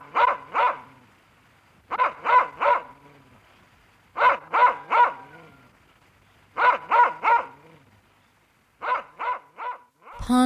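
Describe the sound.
Dog barking in bursts of two or three sharp barks separated by short pauses, with a brief loud noise at the very end.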